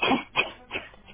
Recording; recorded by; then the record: voluntary cough; telephone call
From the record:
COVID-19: positive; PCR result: checked with the laboratory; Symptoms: no